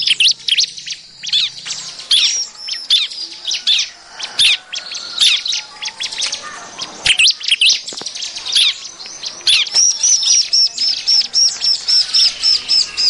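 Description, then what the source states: Bar-winged prinia calls, a busy stream of high, sharp chirps and squeaky notes. Late, a run of short whistled notes repeats quickly and evenly. Noisy calling, used as a lure recording to attract birds.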